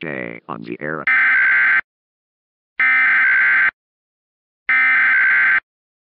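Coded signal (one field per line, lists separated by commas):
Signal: Emergency Alert System (SAME) tones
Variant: header bursts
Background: speech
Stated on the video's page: Fictional nuclear attack Emergency Alert System scenario, a homemade what-if creation.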